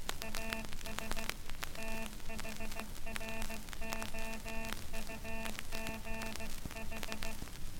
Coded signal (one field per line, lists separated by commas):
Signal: Morse code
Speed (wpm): 15 wpm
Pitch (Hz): 670 Hz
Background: none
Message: AS THROUGH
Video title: Columbia Morse Code Record Part 1 & 2 (7K Subscribers Special)